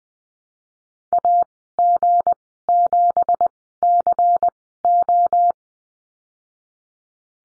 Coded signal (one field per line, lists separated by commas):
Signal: Morse code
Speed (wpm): 20 wpm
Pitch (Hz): 700 Hz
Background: none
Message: AG7CO